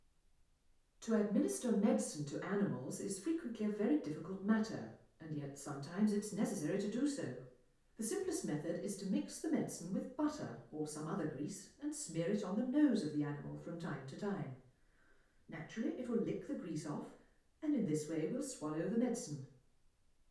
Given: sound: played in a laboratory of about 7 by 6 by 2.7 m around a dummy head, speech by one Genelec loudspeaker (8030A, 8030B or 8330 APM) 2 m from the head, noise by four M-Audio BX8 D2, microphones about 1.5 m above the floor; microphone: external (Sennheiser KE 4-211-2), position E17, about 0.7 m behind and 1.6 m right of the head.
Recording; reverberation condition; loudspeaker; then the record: female speech in English; medium; 60 degrees to the left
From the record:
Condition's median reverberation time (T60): about 510 ms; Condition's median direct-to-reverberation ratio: about -0.5 dB